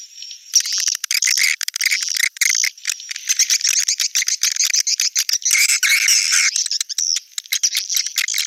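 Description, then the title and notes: Swiftlet twittering: a dense, continuous mass of high, rapid chirps and squeaks, many birds calling together with brief gaps, no low sounds. Swiftlet sound used in swiftlet farming in Asia. "Swiflet Bird Sound. Farming Swiflet Bird asia sound"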